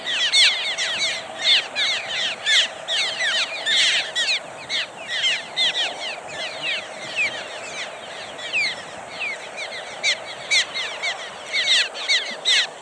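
Cliff swallow flock giving a steady stream of squeaky, downslurred chirps, many birds calling at once without pause.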